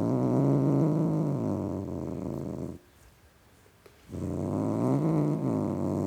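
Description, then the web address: Domestic cat growl, two drawn-out deep rumbling growls separated by a brief quiet gap. Tom cat (male), growling. "BBC Sound Effects Library. Tom Cat Growling"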